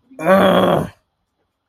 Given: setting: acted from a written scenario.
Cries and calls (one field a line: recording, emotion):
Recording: vocal sound without words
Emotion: anger